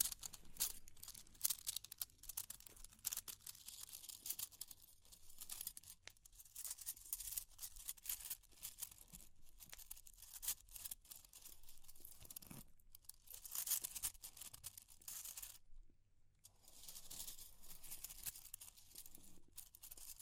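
Crackling fire fills the clip with dense, irregular snaps and pops that are mostly bright and hissy, coming several times a second. Occasional sharper ticks stand out, and a soft low rumble runs underneath. Around the sixteenth second there is a brief near-silent gap.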